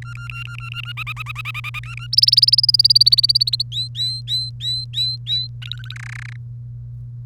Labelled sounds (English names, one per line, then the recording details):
Domestic Canary song
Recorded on 1 May 2018 at 06:14
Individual llb3